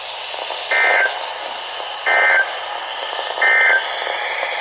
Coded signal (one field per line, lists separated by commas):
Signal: Emergency Alert System (SAME) tones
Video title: Severe Thunderstorms, 2 DUST STORMS (RARE...) And 2 Flash Flood Warnings (EAS 146-153) 5/7/23